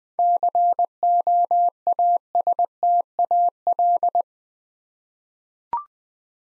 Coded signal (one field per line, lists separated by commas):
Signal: Morse code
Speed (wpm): 20 wpm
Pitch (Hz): 700 Hz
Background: none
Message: COASTAL